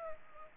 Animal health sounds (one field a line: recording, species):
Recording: mosquito wingbeat signal from an infrared sensor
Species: Culex pipiens